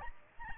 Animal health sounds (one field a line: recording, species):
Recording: mosquito wingbeat signal from an infrared sensor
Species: Aedes albopictus